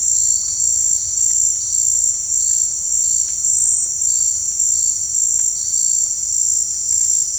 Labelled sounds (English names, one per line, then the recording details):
none
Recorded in dense forest near Puerto Asís, Putumayo, Colombia, on 21 March 2025 at 17:00
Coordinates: 0.485, -76.318
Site G056